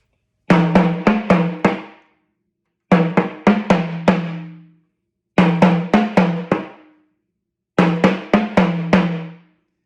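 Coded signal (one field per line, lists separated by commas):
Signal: talking drum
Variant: Yoruba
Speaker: the hunter is hunting the leopard while the leopard is hunting the hunter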